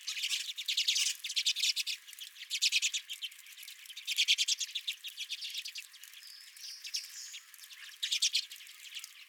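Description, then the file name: Redpoll flock chatter: bursts of fast, dry rattling notes repeated in waves, broken after the middle by a few thin whistled notes before the rattling resumes. Several redpolls visiting the recordist's feeder. "Redpolls at My Feeder"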